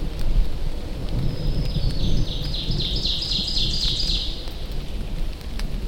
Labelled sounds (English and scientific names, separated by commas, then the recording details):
Ovenbird (Seiurus aurocapilla) song
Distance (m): 30 m
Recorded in boreal forest in Alberta, Canada, on 24 June 2016 at 07:45
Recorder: SongMeter 3, array SBT-6-76
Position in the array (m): 19 m, 22 m
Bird 2